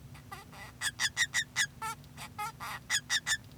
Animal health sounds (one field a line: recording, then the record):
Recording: song of a male Bengalese finch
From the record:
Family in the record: son of father 2